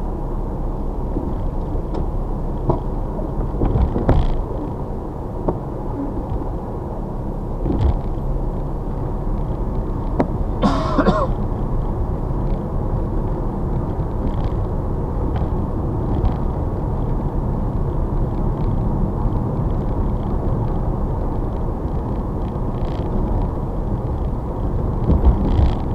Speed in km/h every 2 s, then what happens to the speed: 48, 48, 48, 48, 50, 50, 52, 50, 52, 52, 52, 50, 52.
0-26 steady at about 50.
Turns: none.